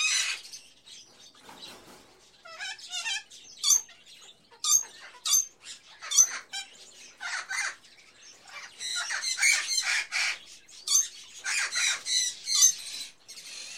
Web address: Sound Ideas Series 2000 Birds, Various Birds In A Pet Shop, Ambience